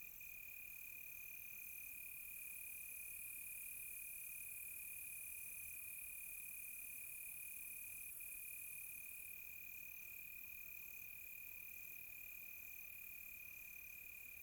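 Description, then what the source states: Crickets: a steady high trill beneath a higher layer that switches on and off in long stretches. Crickets recorded close by on a quiet tropical night.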